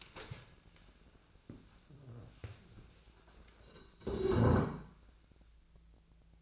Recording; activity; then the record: daily activity, microphone in the room; stand up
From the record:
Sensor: 2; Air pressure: 1000.3 hPa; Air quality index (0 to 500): 158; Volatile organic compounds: 3 ppm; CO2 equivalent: 1323 ppm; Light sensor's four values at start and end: 9/20/9/9 and 9/19/9/9